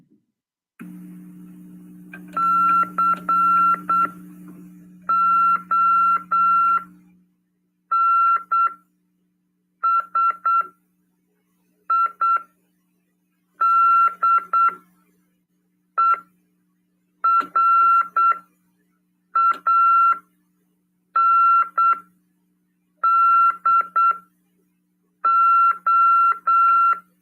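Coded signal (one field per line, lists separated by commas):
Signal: Morse code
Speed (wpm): 8 wpm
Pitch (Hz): 1360 Hz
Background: none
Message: CONSIDERANDO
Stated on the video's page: Amateur radio lesson on CW, transmitted on FM 146.410 MHz.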